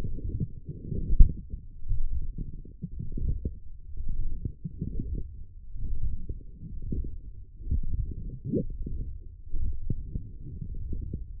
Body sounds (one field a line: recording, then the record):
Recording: forearm muscle sounds (acoustic myography)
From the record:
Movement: forearm pronation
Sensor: system 1, eight BSWA MPA416 microphones around the upper forearm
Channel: 3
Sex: female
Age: 22 years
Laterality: right